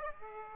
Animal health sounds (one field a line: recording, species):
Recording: mosquito wingbeat signal from an infrared sensor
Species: Aedes aegypti